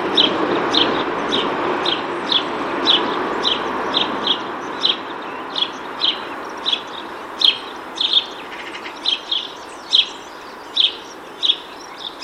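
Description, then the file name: House sparrow chirping steadily, sharp notes repeated roughly every half second with some variation, over background noise. "Passer domesticus"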